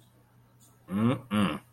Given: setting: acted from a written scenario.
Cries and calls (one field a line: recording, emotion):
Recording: vocal sound without words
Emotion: romantic love